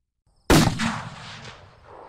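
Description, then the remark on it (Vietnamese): A single loud gunshot cracks sharply out of silence, then rolls into a long, fading echo that decays over about a second and a half. “Âm thanh nòng súng vang lên sẽ tan đi cái suy nghĩ trong đầu của Bảy.”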